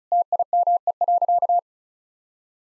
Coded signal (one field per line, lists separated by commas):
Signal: Morse code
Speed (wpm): 36 wpm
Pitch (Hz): 700 Hz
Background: none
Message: TIME.